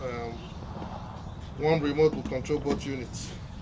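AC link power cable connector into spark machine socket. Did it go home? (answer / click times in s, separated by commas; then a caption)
no / none. An AC link power cable connector is handled at the socket of a spark machine, part of linking two spark machines with an AC chain cable so one remote runs both units. Someone talks over a low steady background hum. Nothing has seated or clicked yet.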